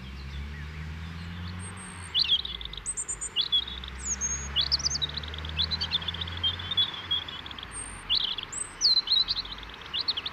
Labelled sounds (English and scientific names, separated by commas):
European Robin (Erithacus rubecula) song